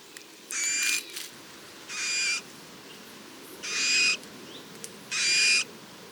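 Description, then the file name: Eurasian Bullfinch calls, four hoarse, breathy piping notes about half a second long, repeated roughly every one and a half seconds over a steady low background hiss. "Pyrrhula pyrrhula"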